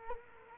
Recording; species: mosquito wingbeat signal from an infrared sensor; Culex quinquefasciatus